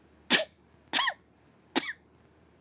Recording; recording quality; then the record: shallow voluntary cough; excellent, no background noise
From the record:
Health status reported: healthy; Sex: female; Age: 51 years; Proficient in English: yes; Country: India